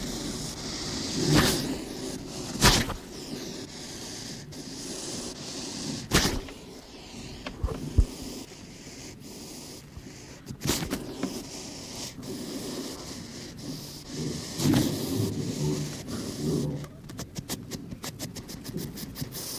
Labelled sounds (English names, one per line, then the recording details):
West European Hedgehog
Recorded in captivity
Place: Tierpark Görlitz, Sachsen, DE
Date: 1988-02-24 10:51
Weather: overcast, ca. 0°C
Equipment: Nagra SN
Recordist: Tembrock, Günter